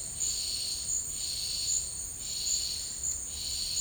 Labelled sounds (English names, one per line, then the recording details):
none
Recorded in dense forest near Puerto Asís, Putumayo, Colombia, on 19 March 2025 at 13:00
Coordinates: 0.485, -76.318
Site G056